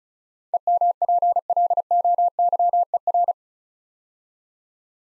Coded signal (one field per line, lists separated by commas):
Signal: Morse code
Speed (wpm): 36 wpm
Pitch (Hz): 700 Hz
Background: none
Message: EMPLOYER